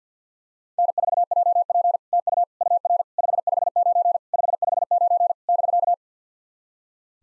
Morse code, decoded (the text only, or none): N4JP TU UR 559 559 <BK>